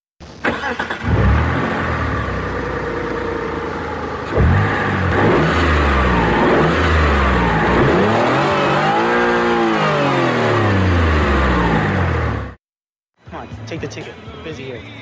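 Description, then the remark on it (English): A car engine starts up and revs repeatedly as the car is taken out for a spin, pitch rising and falling in loud sweeping surges as it accelerates, then cuts off abruptly, followed by a brief burst of other noise. “And, hey, we got some car keys. Let's go for a little spin.”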